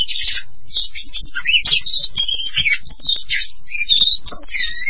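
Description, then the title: Oriental magpie-robin song, a rich continuous run of varied whistles, trills and slurred notes mostly high-pitched, with scratchy buzzes mixed in and a faint low hum beneath. "Kacer"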